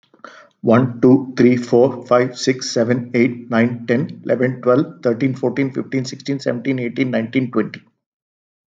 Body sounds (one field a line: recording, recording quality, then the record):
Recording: counting at a fast pace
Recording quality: excellent, no background noise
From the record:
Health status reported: healthy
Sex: male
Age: 57 years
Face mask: not worn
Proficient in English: yes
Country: India